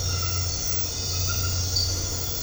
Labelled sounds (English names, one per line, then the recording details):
none
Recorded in dense forest near Puerto Asís, Putumayo, Colombia, on 9 March 2025 at 23:30
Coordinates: 0.468, -76.322
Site GP01